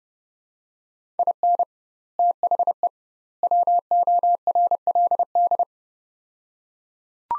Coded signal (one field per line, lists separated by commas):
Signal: Morse code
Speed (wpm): 30 wpm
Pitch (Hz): 700 Hz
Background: none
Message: IN THE WORLD